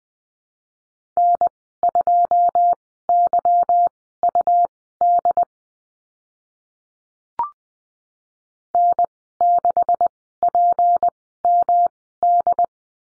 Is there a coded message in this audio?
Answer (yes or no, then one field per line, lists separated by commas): yes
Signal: Morse code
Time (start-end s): 1.2-12.7 s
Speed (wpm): 20 wpm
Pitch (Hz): 700 Hz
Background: none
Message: N2YUD N6PMD